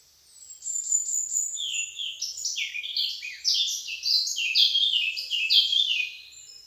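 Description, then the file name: Eurasian blackcap song building from thin high notes into a long, busy run of rapid warbling and chattering. "Sylvia atricapilla"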